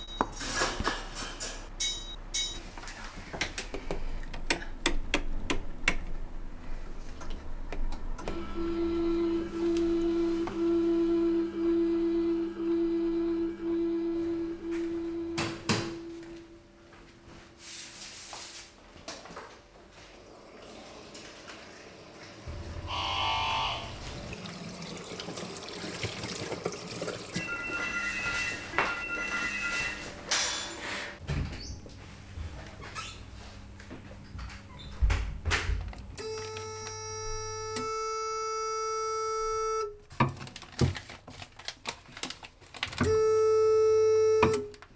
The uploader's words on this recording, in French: "Une petite fourmi" nous fait découvrir l environnement sonore des machines et instruments d Alexandra & ses nombreuses manipulations. Ode à Alexandra, Assistante dentaire.